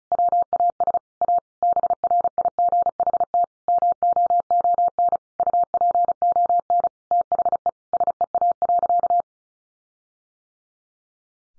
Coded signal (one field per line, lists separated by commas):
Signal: Morse code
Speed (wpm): 34 wpm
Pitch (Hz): 700 Hz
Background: none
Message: WAS A BRIGHT MOON UPON THE SEA.